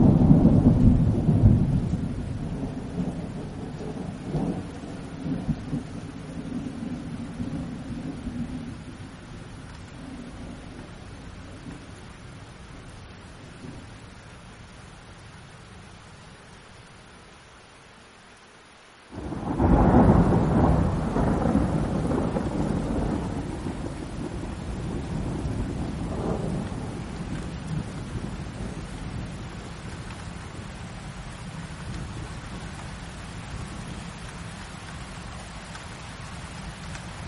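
Heavy thunder rolls in a deep, rumbling wave that fades over about eighteen seconds, nearly to silence. Around nineteen seconds a sharp crack bursts in and rolls on, slowly easing. A steady hiss of rain sits beneath throughout.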